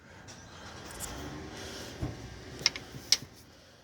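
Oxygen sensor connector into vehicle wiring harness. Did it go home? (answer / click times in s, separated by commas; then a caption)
yes / 3.1 s. A downstream (Bank 1 Sensor 2) oxygen sensor's plastic wiring connector on a 2001 Dodge 1500 is plugged back into its mating harness connector, with low background rumble and handling noise. Two sharp plastic clicks are heard at 2.7 s and 3.1 s, and the one at 3.1 s marks the connector seating in place.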